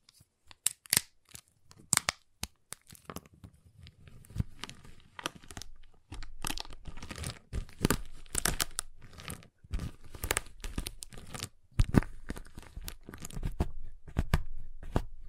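A giant chocolate bar is handled with sharp, dry snaps and crinkling wrapper sounds. Scattered cracks open the first few seconds, then dense bursts of crunching and tearing come in quick runs from about four seconds on, with brief pauses between.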